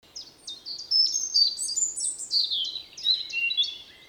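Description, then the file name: European robin song: a rapid, varied run of thin, high whistles and trills, pitch jumping up and down through a continuous four-second phrase. "Erithacus rubecula"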